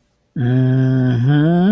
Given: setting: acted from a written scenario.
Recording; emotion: vocal sound without words; pride